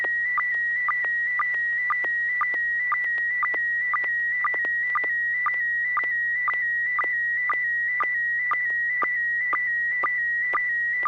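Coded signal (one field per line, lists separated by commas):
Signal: SSTV (slow-scan television)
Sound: steady high whistling tone near 2 kHz, interrupted by a short lower click-blip about twice a second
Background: low electrical hum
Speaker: Bob, you're first, N6PGQ. Are you ready to share a picture?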